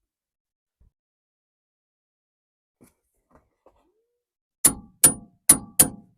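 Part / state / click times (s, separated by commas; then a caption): click torque wrench on inner tie rod of steering rack / torque reached / 4.7 s, 5.0 s, 5.5 s, 5.8 s. A click-type torque wrench set to 74 ft-lb tightens the inner tie rod on a Chevy Silverado truck's steering rack. After a few faint ticks, four sharp metallic clicks ring out at 4.7, 5.0, 5.5 and 5.8 seconds. The wrench has clicked at its setting, confirming the tie rod reached 74 ft-lb.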